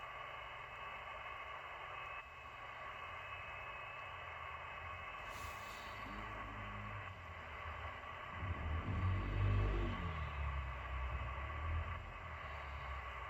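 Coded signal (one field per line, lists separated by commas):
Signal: FT8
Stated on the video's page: FT8 amateur radio operated inside a car in extreme cold, down to minus 10 degrees.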